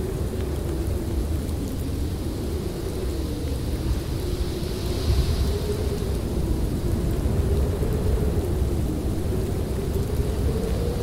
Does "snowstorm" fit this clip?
yes